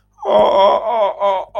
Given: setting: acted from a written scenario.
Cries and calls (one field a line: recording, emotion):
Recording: vocal sound without words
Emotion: distress